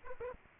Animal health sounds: mosquito wingbeat signal from an infrared sensor; Aedes aegypti

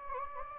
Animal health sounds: mosquito wingbeat signal from an infrared sensor; Anopheles gambiae

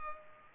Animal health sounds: mosquito wingbeat signal from an infrared sensor; Culex pipiens

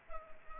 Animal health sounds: mosquito wingbeat signal from an infrared sensor; Culex pipiens

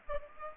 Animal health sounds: mosquito wingbeat signal from an infrared sensor; Aedes aegypti

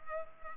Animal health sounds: mosquito wingbeat signal from an infrared sensor; Culex pipiens

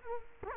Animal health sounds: mosquito wingbeat signal from an infrared sensor; Culex quinquefasciatus

